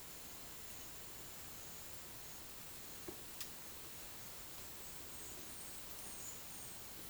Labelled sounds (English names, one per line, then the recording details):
none
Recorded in dense forest near Puerto Asís, Putumayo, Colombia, on 18 February 2024 at 10:30
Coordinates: 0.505, -76.324
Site G6467